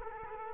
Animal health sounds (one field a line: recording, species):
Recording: mosquito wingbeat signal from an infrared sensor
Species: Culex quinquefasciatus